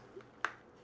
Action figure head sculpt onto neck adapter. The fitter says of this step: you snap it in you heard it there and like I said these things are real and they go flying so be careful